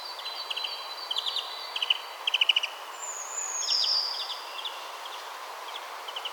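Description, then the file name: European greenfinch: short chirpy notes in quick clusters, then a high drawn-out note midway, with steady background hiss. "Chloris chloris"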